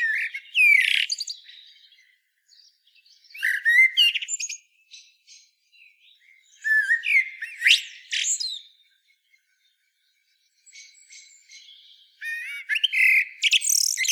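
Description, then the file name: Eurasian blackbird song: mellow, low whistled phrases rising into bright, scratchy high twitters, repeated in four bursts with short gaps between them. "Turdus merula"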